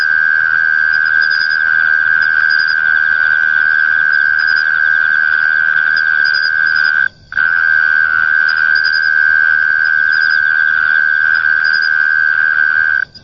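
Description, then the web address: Mole cricket song, a steady unbroken high buzzing trill held on one pitch, with two brief cut-outs, one midway and one at the end. "sikioto insect kera"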